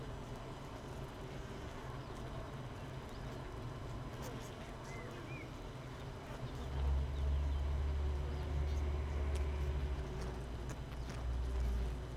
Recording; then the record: honeybee colony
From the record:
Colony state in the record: missing queen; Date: 31 May 2018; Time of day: 7:40